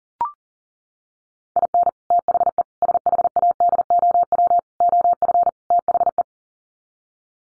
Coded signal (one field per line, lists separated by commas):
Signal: Morse code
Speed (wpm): 40 wpm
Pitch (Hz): 700 Hz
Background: none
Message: IN THE SHADOW OF THE